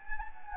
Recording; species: mosquito wingbeat signal from an infrared sensor; Anopheles gambiae